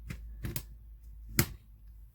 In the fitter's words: you do it all around you're gonna hear the clicks come up and